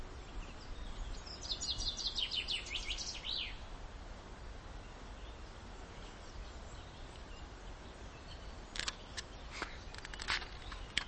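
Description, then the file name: Common chaffinch singing one fast, cascading trill that drops in pitch and ends with a short flourish, followed later by a few sharp clicks amid constant hiss. "Fringilla coelebs"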